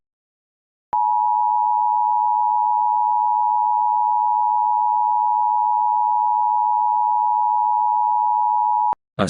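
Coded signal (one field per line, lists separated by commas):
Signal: Emergency Alert System (SAME) tones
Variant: 853 and 960 Hz attention tone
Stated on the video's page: EAS tests, mostly monthly tests or required weekly tests, relayed by various TV stations using DASDEC-II encoders unless noted otherwise.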